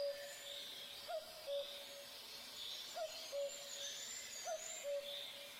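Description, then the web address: Common cuckoo giving its two-note cu-coo, a higher note dropping to a lower one, three times about every one and a half seconds; high chirping songbirds behind. Recorded in forest. "Tajemnice puszczy Kukułka"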